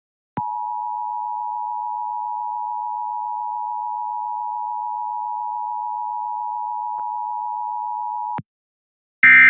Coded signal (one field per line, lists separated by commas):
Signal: Emergency Alert System (SAME) tones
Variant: 853 and 960 Hz attention tone